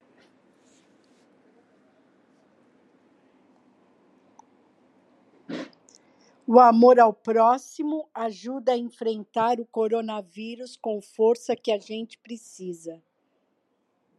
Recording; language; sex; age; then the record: spoken sentence; Brazilian Portuguese; female; 60 to 69 years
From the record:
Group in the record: control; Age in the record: 61 years